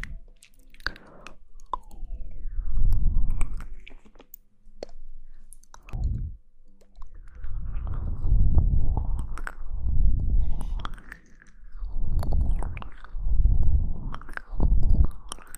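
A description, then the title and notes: Mouth sounds: wet, low chewing and smacking in repeated swells, roughly every one to two seconds, with a pause near the four-second mark. Sharp clicks and small crunchy snaps punctuate the lip and tongue movements throughout, over an otherwise quiet background. Mouth Sounds.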